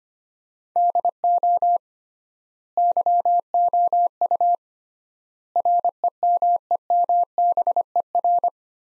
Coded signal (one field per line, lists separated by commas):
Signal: Morse code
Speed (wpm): 25 wpm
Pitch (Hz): 700 Hz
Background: none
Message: DO YOU REMEMBER